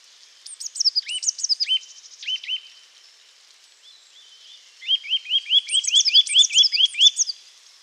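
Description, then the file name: Eurasian nuthatch with a few scattered piping notes, then after a pause a steady run of many rapid, clear arched notes mixed with high twittering. "Sitta europaea"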